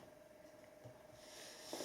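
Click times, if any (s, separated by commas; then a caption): none. A second, non-locking steel slip-joint blade on a Victorinox Ranger Grip 78 knife is handled as it starts to open against spring pressure in the handle. A low steady hum and soft handling noise build toward brief bright rustles near the end. The clip ends before the blade snaps open; nothing has seated or clicked yet.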